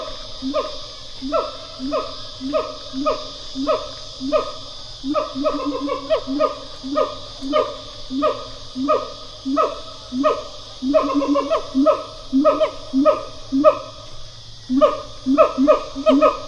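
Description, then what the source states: Siamang pair call: a long series of loud, ringing whoops and barking hoots in quick succession. Pair call by siamangs.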